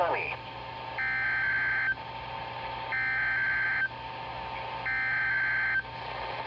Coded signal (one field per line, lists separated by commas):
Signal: Emergency Alert System (SAME) tones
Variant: header bursts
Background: speech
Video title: (EAS #12) Required Weekly Test 6/18/25